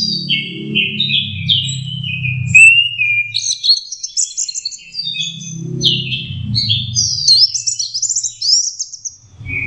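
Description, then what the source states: Orange-headed thrush song, a flowing stream of high whistled and warbled phrases with rising and falling slurs, accompanied by intermittent low rumbling hum. Teler song type, version 4, used as a master song for training chestnut-capped thrushes (anis kembang).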